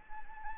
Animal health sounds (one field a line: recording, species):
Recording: mosquito wingbeat signal from an infrared sensor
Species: Anopheles arabiensis